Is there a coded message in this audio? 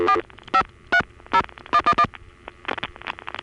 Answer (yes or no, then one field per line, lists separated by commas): yes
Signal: DTMF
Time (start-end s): 0.1-2.1 s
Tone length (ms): 70 ms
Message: 4530111